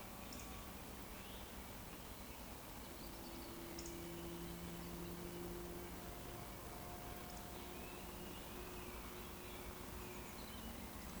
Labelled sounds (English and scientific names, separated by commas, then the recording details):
Eurasian Woodcock (Scolopax rusticola) whistle
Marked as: whistle, whistle, whistle, whistle
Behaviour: display flight
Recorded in Baden-Württemberg, Germany, on 12 June 2020 at 19:55 UTC
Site 14569, 102 m above sea level